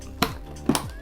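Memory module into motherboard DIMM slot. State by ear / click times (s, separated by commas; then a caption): seated / 0.2 s. A second RAM memory stick is slid into its motherboard DIMM slot and pressed home, giving a sharp click at 0.2 s, followed by another pair of sharp ticks around 0.7–0.8 s. The memory module is seated and the RAM is installed.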